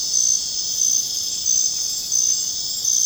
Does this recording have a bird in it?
no